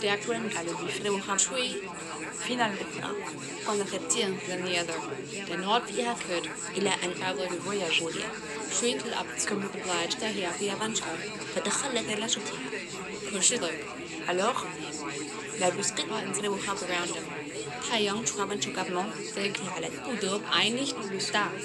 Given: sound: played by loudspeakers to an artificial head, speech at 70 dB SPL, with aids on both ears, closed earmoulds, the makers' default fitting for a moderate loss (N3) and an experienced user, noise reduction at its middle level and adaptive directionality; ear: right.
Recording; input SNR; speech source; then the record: speech test signal (ISTS) in cocktail-party noise; -6 dB; in front (0 degrees)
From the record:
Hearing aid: class 2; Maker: E